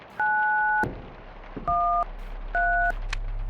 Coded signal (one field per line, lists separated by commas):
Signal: DTMF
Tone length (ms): 380 ms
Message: 913